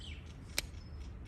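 A solar cable connector from a 12 V solar setup is pushed into its mating connector. A single sharp click is heard at 0.6 s over low background noise, and the connector is seated.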